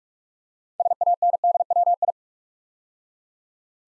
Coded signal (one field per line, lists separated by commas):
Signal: Morse code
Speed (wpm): 44 wpm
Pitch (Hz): 700 Hz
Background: none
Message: SANDWI